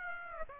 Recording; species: mosquito wingbeat signal from an infrared sensor; Aedes aegypti